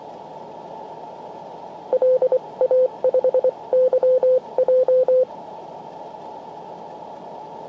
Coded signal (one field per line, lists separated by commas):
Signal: Morse code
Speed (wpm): 24 wpm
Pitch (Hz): 510 Hz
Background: radio noise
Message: LA5YJ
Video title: PY2VA 50MHz CW 19:06 May 15, 2015